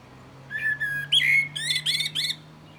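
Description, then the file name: Common blackbird song: fluted whistled notes followed by a burst of higher twittery notes in quick sequence, over a faint steady hum. "Turdus merula"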